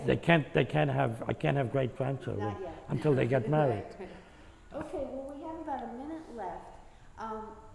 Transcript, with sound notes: They can't, they can't have, I can't have great-grandchildren.
Not yet.
Until they get married.
( she laughs ) Okay. Well, we have about a minute left. Um,